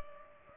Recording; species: mosquito wingbeat signal from an infrared sensor; Culex pipiens